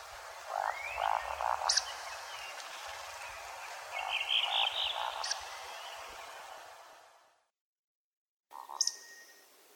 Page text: Вальдшнеп